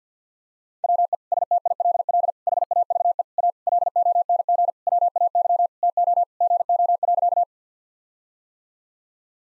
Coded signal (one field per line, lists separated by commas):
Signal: Morse code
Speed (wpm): 46 wpm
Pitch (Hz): 700 Hz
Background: none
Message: WE STILL HAVE A LONG WAY TO GO.